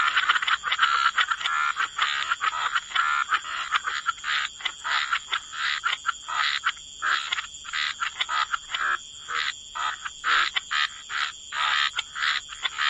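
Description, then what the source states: Frog chorus, dense raspy calling at first that thins into clear pulsed croaks in quick succession, over a constant hiss. Frog chorus mixed with white noise.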